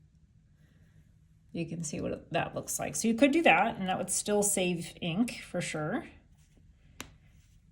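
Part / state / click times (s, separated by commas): ink cartridge into fountain pen grip section / seated / 7.0 s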